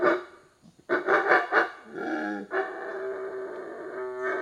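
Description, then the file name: Monkey giving short gruff barks, then longer, steady harmonic hooting calls. Loud calling in forest. "felix blume animal monkey loud calling in forest"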